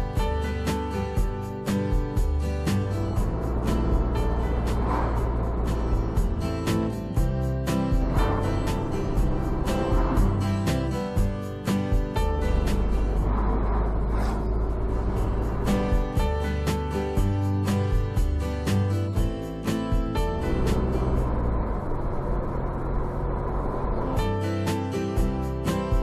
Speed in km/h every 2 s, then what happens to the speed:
43, 44, 41, 34, 32, 33, 36, 40, 43, 45, 47, 48, 47.
3-9 slows to 32. 9-20 speeds up to 47. 20-26 steady at about 47.